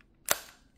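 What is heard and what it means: A second handheld Nintendo Switch game controller is slid along its plastic rail into the controller grip and snaps home with one sharp, bright click at 0.3 s, followed by a short fading tail. The controller is seated in the grip.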